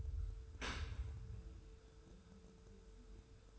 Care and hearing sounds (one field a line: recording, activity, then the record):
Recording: daily activity, microphone in the room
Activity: open dishwasher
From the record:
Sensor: 2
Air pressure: 1014.8 hPa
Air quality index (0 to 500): 25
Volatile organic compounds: 0 ppm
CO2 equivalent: 500 ppm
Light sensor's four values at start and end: 9/22/9/9 and 9/22/9/9